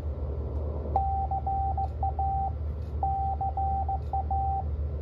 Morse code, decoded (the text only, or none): CA CA